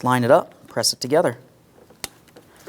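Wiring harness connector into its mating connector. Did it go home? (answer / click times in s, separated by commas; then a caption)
yes / 2.0 s. Someone talks while a plastic electrical wiring harness connector near the battery of a 2004-2008 Pontiac Grand Prix is lined up and pressed into its mating connector during a battery replacement. A sharp click at 2.0 s marks the connector locking in place and seating, followed by a few faint ticks.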